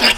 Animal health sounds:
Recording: pig call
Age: piglet (1 to 25 days)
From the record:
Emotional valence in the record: negative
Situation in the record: crushing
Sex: female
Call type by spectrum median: high-frequency call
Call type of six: low-frequency tonal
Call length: 0.17 s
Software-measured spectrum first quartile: 1870 Hz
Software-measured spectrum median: 2931 Hz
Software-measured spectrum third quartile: 4607 Hz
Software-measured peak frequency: 2780 Hz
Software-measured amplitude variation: 145 dB a second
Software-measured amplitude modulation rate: 11.7 a second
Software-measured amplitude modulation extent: 12.4 dB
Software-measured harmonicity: 0.7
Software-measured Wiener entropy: -1.09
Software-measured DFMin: 731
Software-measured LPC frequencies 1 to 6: 708, 1634, 2376, 2812, 3434, 4924 Hz

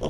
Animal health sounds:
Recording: pig call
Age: piglet (1 to 25 days)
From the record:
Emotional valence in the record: positive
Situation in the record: reunion after long isolation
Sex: male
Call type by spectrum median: low-frequency call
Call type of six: low-frequency tonal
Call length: 0.10 s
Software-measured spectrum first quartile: 189 Hz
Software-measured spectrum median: 428 Hz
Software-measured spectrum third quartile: 726 Hz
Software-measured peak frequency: 514 Hz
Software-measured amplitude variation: 57 dB a second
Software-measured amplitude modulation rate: 5.0 a second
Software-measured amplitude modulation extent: 11.4 dB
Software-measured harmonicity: 1.4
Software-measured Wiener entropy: -0.52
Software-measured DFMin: 867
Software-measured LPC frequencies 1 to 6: 489, 3241, 5594, 7148, 9090, 9470 Hz

